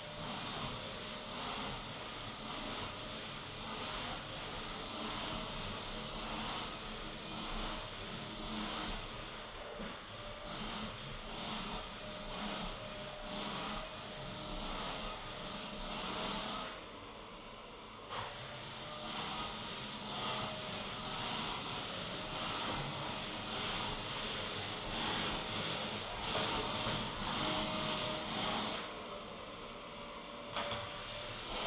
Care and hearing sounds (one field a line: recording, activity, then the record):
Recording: daily activity, microphone in the room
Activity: vacuum cleaning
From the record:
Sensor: 4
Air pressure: 1002.9 hPa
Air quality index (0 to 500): 242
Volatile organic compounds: 18 ppm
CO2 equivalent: 2631 ppm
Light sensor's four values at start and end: 5/11/4/5 and 5/11/4/4